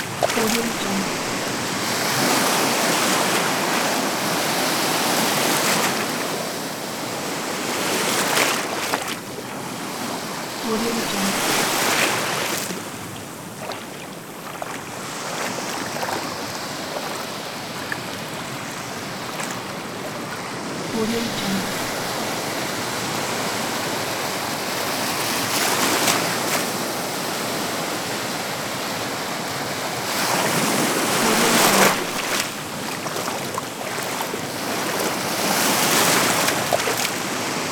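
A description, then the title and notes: Sea waves swash continuously, a dense, hissing wash of water that swells and recedes. Louder surges come every few seconds, strongest near the start, around ten seconds and again past twenty-five, with a calmer stretch in between. There is little low rumble. Swashing Water Sea Waves (Sound Effect).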